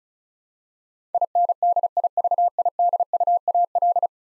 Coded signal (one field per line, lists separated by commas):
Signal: Morse code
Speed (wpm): 36 wpm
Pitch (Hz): 700 Hz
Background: none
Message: INDIVIDUAL